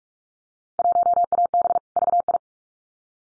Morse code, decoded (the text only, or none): 1AB VI